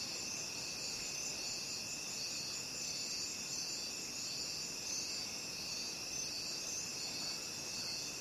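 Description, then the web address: Crickets hold a steady shrill chorus of two high-pitched layers, constant from beginning to end. Crickets calling at night. "the-sound-pack-tree -night crickets"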